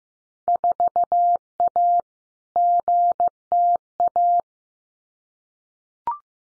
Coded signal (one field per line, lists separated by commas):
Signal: Morse code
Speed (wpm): 15 wpm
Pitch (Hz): 700 Hz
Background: none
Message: 4A GTA